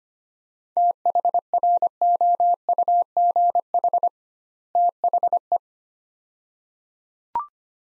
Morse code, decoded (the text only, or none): THROUGH THE